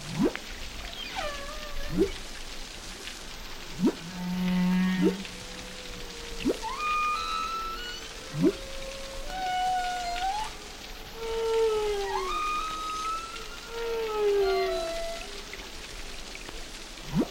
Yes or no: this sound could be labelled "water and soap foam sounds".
no